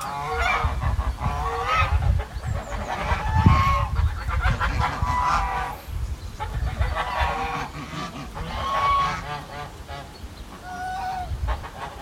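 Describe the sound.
Goose: geese honking in a noisy flock, many overlapping nasal calls over a dense low rumble of noise.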